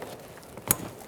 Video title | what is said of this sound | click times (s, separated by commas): How to Replace Steering Knuckles 2004-2008 Ford F-150 | Press it in. Audible click. | 0.7 s